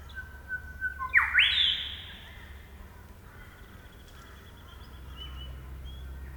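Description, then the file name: Grey shrike-thrush calling with a short steady whistle followed by a loud rising whip-like note that fades out, leaving faint background birds and low hum. "Colluricincla Harmonica"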